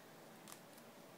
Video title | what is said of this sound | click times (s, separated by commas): Screen replacement instructions for Samsung chromebook 303c | use your hobby knife press it down you'll kind of feel it click a little bit | 0.5 s